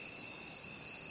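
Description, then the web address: Crickets trilling, a constant shrill high hum of many insects without pause. Crickets calling at night. "the sound pack tree. night crickets"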